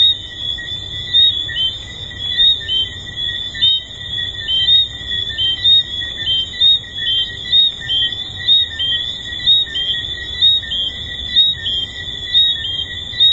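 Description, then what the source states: Tree frogs calling in chorus, sharp high chirping notes repeated about once a second over a steady high ringing drone. Tree frogs recorded at Hedonism II resort.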